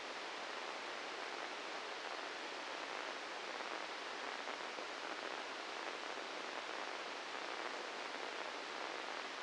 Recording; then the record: brain microelectrode recording played as sound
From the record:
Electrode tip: inside the subthalamic nucleus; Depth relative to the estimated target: -2 mm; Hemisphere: right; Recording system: NeuroSet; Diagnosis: Parkinson's disease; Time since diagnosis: 13 years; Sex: male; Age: 66 years